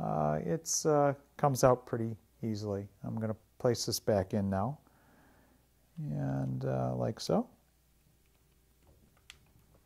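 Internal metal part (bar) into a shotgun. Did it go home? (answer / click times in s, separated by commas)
no / none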